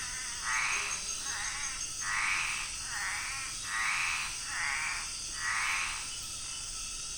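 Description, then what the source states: Scraping tree frog calls: raspy, scratchy bursts repeated at a steady rhythm, over a constant high insect hum. At night in the forest at Yasuni, Amazon.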